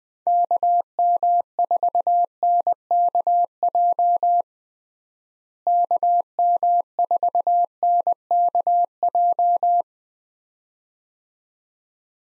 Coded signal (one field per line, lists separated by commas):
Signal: Morse code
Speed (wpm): 20 wpm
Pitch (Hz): 700 Hz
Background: none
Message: KM4NKJ KM4NKJ